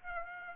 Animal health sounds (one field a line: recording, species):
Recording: mosquito wingbeat signal from an infrared sensor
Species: Aedes aegypti